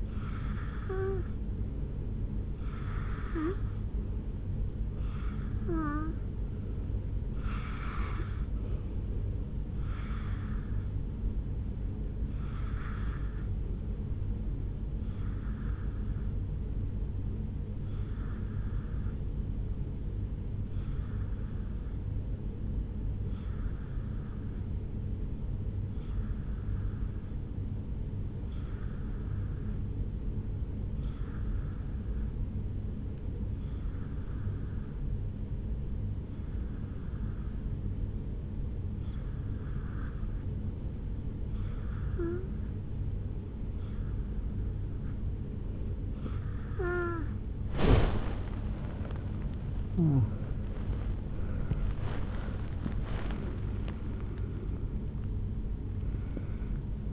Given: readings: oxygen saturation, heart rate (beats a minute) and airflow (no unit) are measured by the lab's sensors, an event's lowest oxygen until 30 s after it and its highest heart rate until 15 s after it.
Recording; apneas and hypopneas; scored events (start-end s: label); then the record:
breathing in sleep by a smartphone at the bedside; 1
23.00-48.80 s: hypopnea (N2, oxygen 90% highest, then 87% lowest, heart rate 63 at the start, 72 highest)
37.00-57.13 s: new sleep stage, N1 (lightest sleep)
From the record:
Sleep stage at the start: N2 (light sleep); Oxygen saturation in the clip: 87 to 90%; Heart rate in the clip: 62 to 72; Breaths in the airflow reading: 20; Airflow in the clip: -7.8 to 7.8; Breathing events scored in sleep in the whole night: 449 in 7.0 hours asleep